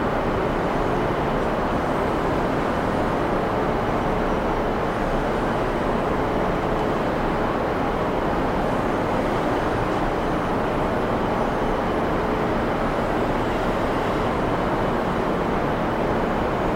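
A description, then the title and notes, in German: A space shuttle ambience: a steady, dense engine rumble that holds at one level for the whole stretch. The sound is heavy in the low and middle range, with a softer hiss above and no distinct events breaking through. Raumfähren-Ambiente.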